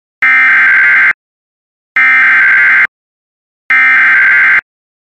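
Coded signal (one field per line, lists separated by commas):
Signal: Emergency Alert System (SAME) tones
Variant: header bursts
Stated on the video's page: Real Severe Thunderstorm Warning issued by the National Weather Service, relayed through an EAS logger via an IP radio stream.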